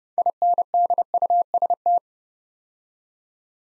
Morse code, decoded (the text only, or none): INDUST